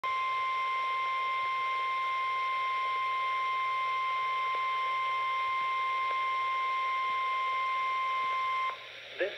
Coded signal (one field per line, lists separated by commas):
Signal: Emergency Alert System (SAME) tones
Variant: 1050 Hz attention tone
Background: speech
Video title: EAS #672 NOAA Weather Radio Required Weekly Test 6/14/23 11:31 AM